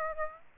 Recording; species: mosquito wingbeat signal from an infrared sensor; Aedes aegypti